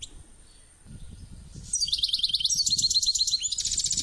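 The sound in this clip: Finch chirping calls: faint chirps at first, then loud, rapid, high-pitched buzzy chirp bursts repeated several times a second.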